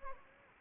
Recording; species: mosquito wingbeat signal from an infrared sensor; Anopheles gambiae